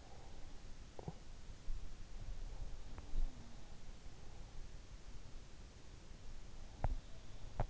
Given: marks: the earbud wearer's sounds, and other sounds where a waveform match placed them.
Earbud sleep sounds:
sounds in sleep by an in-ear microphone; talking in sleep, teeth grinding
0.00-1.28 s: sound from someone else or the room
0.83-1.27 s: talking in sleep
2.60-4.09 s: sound from someone else or the room
6.73-7.70 s: teeth grinding

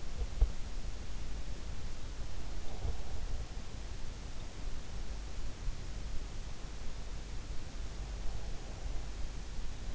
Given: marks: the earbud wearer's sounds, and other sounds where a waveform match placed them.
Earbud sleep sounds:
sounds in sleep by an in-ear microphone; teeth grinding
0.00-0.66 s: teeth grinding

